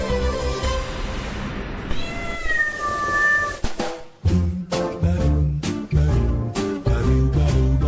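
Cats meow and yowl in drawn-out, wavering cries over a dense background, then a rhythmic musical beat with punchy low thumps takes over for the rest.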